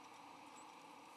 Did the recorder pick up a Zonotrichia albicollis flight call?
no